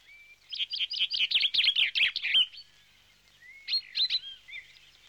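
Finch singing a quick jumble of high twittering, buzzy notes, pausing, then a shorter twittered phrase.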